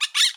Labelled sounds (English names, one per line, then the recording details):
Brown-throated Parakeet contact call
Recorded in Bonaire
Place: 1 km E of roosting area just N of Seru Largu
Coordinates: 12.199, -68.268